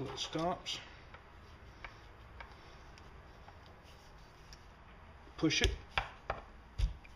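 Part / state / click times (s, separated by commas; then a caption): oiler worm gear install tool on chainsaw crankshaft / seated / 6.0 s. Someone talks as a threaded install tool (530031166), already run over the oiler worm gear on a Poulan chainsaw crankshaft, is pushed along with faint scrapes and small knocks. It clicks sharply into the groove at 6.0 s, followed by a few more knocks, and the worm gear is seated.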